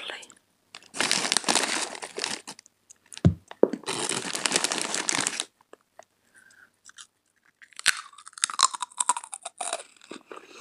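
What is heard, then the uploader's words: Someone eats chips, with dense, crackly crunching in two long bursts, roughly one to two and a half seconds and four to five and a half seconds. Between them come short clicks, a brief low thump, and near-silence, then rustling, uneven crunching returns near eight seconds. Relaxing eating sounds, chips. I eat a pack of chips.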